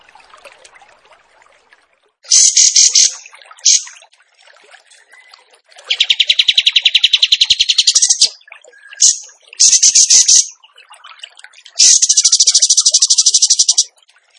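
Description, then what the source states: Bird singing several high, fast rattling trills of varying length, the longest over two seconds, separated by short gaps, with soft scratchy noise underneath. Bird training (masteran) song in the gacor tembakan style.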